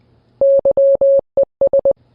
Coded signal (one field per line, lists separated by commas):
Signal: Morse code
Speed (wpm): 20 wpm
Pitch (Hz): 550 Hz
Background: none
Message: YES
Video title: Fundamentals of Understanding and Writing Morse Codes